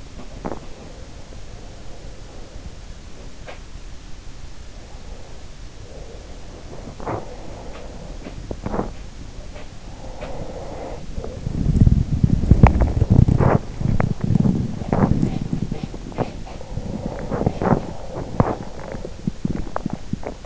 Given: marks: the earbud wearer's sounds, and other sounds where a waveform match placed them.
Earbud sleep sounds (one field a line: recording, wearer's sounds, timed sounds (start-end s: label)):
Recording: sounds in sleep by an in-ear microphone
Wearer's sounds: body movement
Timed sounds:
0.00-20.46 s: body movement